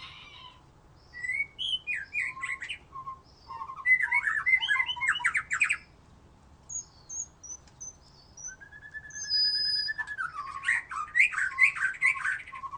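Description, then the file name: White-rumped shama: varied whistled phrases and chattering runs, a quiet spell of soft notes, then a long level whistle dropping into a fresh burst of song. "murai batu"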